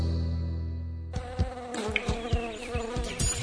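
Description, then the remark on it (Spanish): A mosquito's steady, droning buzz with a low, even hum holds for about a second, then gives way abruptly to a busy mix of rhythmic thumps and clattering sounds. “Está bien eliminar los mosquitos, pero eso no alcanza para frenar el dengue.”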